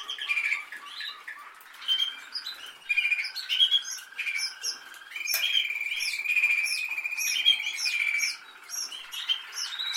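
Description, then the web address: Canary song of varied short phrases followed by an extended rolled trill. "Canari Seda Canari"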